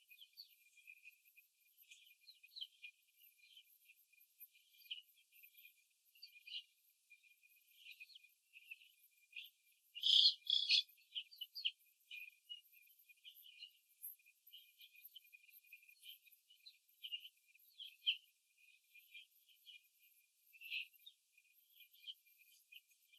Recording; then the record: young laying hens in a cage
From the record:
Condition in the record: before the stressor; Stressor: simulated dog barking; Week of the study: 2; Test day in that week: 3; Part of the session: 1